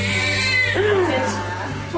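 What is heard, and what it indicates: Short, high-pitched, wavering cries from a newborn baby boy, partly overlapped by adult voices offering congratulations. These are a baby's first cries just after delivery, a normal sign of a healthy start to breathing.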